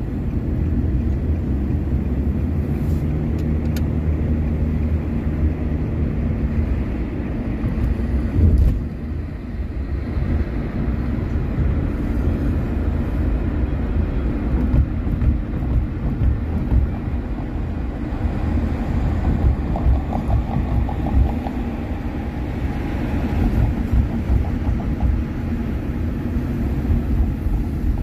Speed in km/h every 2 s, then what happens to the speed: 43, 51, 57, 58, 58, 57, 56, 54, 53, 53, 51, 49, 41, 27.
0-6 speeds up to 58. 6-21 steady at about 54. 21-28 brakes to 27.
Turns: none.